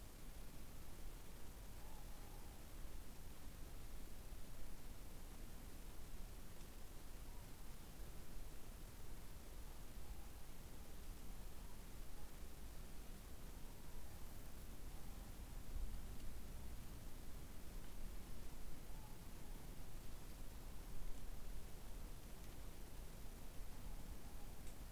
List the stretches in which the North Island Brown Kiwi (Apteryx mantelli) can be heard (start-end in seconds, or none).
none